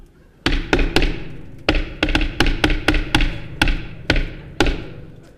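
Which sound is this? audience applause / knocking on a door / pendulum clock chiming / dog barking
knocking on a door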